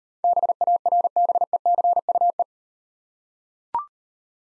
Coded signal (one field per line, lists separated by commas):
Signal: Morse code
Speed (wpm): 38 wpm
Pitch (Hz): 700 Hz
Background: none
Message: BARBECUE